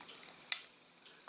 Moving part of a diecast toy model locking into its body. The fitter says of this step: It locks in place.